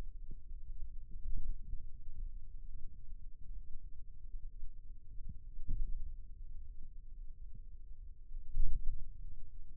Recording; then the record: forearm muscle sounds (acoustic myography)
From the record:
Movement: pen grasping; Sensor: system 2, bracelet of six BSWA MPA416 microphones around the upper forearm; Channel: 6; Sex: male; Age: 22 years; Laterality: right